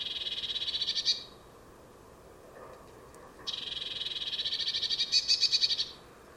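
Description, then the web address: Bird calling with rapid buzzy chattering bursts of high notes, one brief and a longer churring run after a short pause. "Deverinetal 2025 File origin Bird Only Cy Ca"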